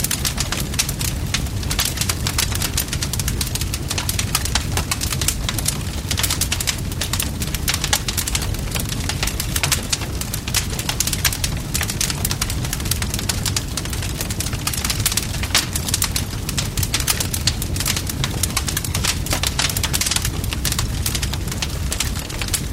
The gentle rustling of paper and the occasional popping of burning wood